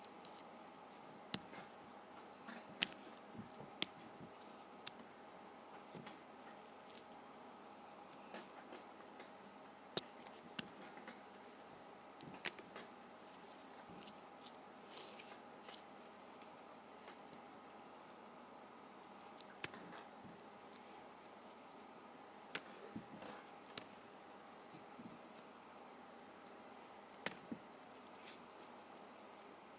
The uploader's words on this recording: Flipping Through a Pad of Paper.